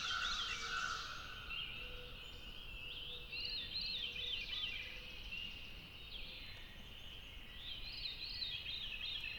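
Veery giving soft, swirling phrases over a steady background hiss.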